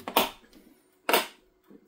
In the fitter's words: bas et là vous avez vu que j'ai justement rechecké un petit peu à gauche parce que ça a cliqué mais pas complètement donc